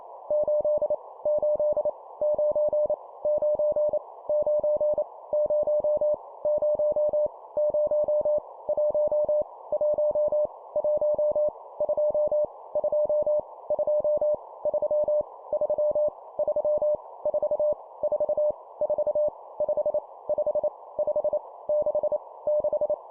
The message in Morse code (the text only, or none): 8 8 9 9 9 0 0 0 1 1 1 2 2 2 3 3 3 4 4 4 5 5 5 6 6